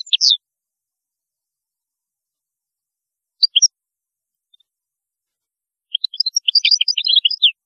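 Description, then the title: European goldfinch: finch-like song: scattered high chips and notes, a long gap, then a rapid jangling twitter at the end. "Chant Chardonneret"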